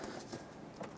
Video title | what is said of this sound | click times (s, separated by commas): How to Replace A/C Condenser 2003-2021 Express Van 3500 | either until you hear a click or you see this little locking clip snapping down into place | 0.0 s